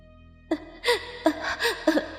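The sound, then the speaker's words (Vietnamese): A woman sobs eerily in four or five halting, high-pitched bursts, each catching breath in a shaky gasp, with a steady low hum droning underneath. “Có tiếng khóc thúc thích vang lên. Một giọng nữ nức nở, đầy sự quỷ dị phát ra trong hư vô.”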